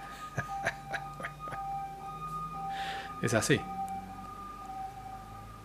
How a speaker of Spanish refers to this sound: Ahí suenan las sirenas.